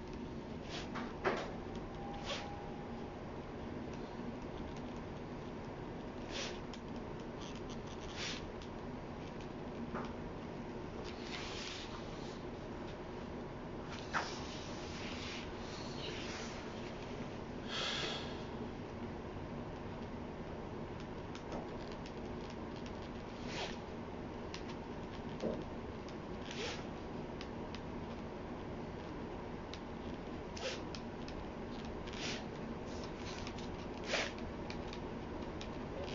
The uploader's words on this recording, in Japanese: 茨木のり子 著『女がひとり頬杖をついて』から、詩『ぎらりと光るダイヤのような日』を書き写している最中の音をお送りします。